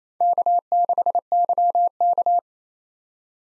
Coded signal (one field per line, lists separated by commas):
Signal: Morse code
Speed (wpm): 27 wpm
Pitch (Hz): 700 Hz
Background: none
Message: K6YK